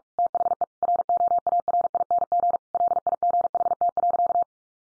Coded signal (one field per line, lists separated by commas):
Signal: Morse code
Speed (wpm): 44 wpm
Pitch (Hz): 700 Hz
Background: none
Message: THE ROARING LIGHT.